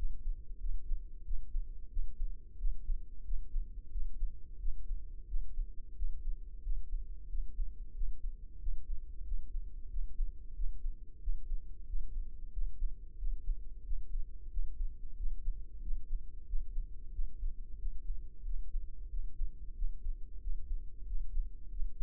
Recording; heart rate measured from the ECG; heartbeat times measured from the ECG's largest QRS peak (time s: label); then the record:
heart sounds by microphone in the left ear; 91 bpm
0.62 s: heartbeat
1.27 s: heartbeat
1.92 s: heartbeat
2.60 s: heartbeat
3.27 s: heartbeat
3.93 s: heartbeat
4.61 s: heartbeat
5.30 s: heartbeat
5.98 s: heartbeat
6.65 s: heartbeat
7.31 s: heartbeat
7.97 s: heartbeat
8.62 s: heartbeat
9.27 s: heartbeat
9.92 s: heartbeat
10.57 s: heartbeat
11.23 s: heartbeat
11.89 s: heartbeat
12.55 s: heartbeat
13.20 s: heartbeat
13.86 s: heartbeat
14.52 s: heartbeat
15.19 s: heartbeat
15.84 s: heartbeat
16.49 s: heartbeat
17.14 s: heartbeat
17.81 s: heartbeat
18.47 s: heartbeat
19.12 s: heartbeat
19.77 s: heartbeat
20.43 s: heartbeat
21.09 s: heartbeat
21.73 s: heartbeat
From the record:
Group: healthy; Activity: rest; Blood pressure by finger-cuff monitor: 138/77 mmHg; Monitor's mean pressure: 94 mmHg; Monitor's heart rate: 91 bpm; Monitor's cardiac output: 7.6 L/min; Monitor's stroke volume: 83 mL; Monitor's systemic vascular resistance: 910 dyn s/cm5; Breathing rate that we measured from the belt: 20 breaths a minute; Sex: male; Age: 21 years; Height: 175 cm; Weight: 72.6 kg